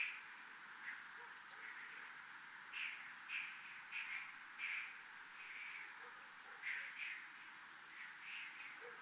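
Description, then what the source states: Steady high cricket trill, finely pulsed, with scattered lower rasping bursts breaking in every second or so. Recorded in a military zone.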